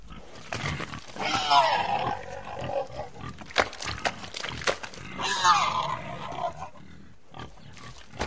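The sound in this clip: Pig squeals and grunts: two harsh squealing bursts several seconds apart, with rough noisy grunting and shuffling between them.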